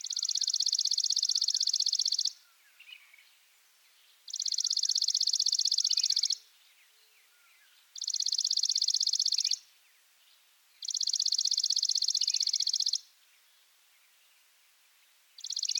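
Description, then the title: Chipping Sparrow repeating a steady mechanical trill of fast high chips. Each run lasts about two seconds, with pauses of about two seconds between runs. Subspecies arizonae; masteran (tutor) recording, titled burung gereja. "burung gereja dead sea masteran. Chipping Sparrow (Spizella passerina arizonae)"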